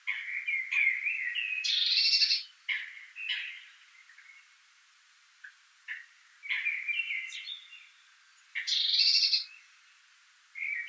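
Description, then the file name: Eurasian blue tit giving harsh, buzzy scolding bursts mixed with short twittering notes, repeated throughout with brief pauses between phrases. "Cyanistes caeruleus"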